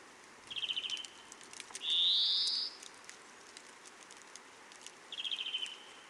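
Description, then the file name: European greenfinch giving a brief rattling trill, then a long, buzzy, rising wheeze, then another rattling trill. "Chloris chloris"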